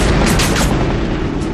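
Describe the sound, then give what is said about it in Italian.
A German Me-262 jet, shot down by Captain Roscoe Brown, goes up in flames and loses pieces: a loud, roaring explosion fills the whole clip, with a few sharp crackling bursts early on over a dense, sustained rumble that tapers only slightly toward the end. No voices. “Il jet tedesco va in fiamme, perdendo pezzi.”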